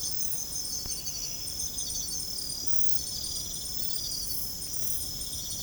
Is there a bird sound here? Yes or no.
no